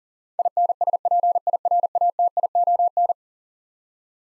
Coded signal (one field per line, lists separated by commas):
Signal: Morse code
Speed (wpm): 40 wpm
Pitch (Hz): 700 Hz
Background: none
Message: INSPIRATION